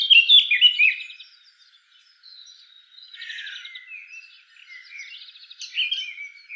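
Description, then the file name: Eurasian blackcap: songbird with a loud opening warble of whistled notes, then quieter buzzy trills and scattered soft warbled phrases. "Sylvia atricapilla"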